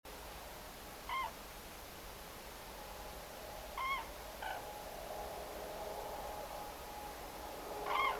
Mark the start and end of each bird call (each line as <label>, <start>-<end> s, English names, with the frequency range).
Common Crane (0.9-3.4 kHz), 1.08-1.27 s
Common Crane (0.9-5.6 kHz), 3.77-4.02 s
Common Crane (0.8-3.4 kHz), 4.41-4.58 s
Common Crane (0.9-5.0 kHz), 7.86-8.15 s